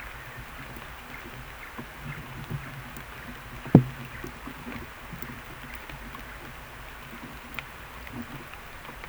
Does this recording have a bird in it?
no